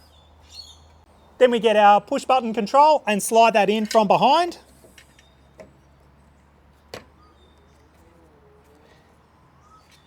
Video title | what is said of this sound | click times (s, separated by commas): Weber BBQ Clean & Refurbishment - our tips & tricks to renew for cooking and camping adventures! | initi should just click into place then we got to connect the black and white wires up | 6.9 s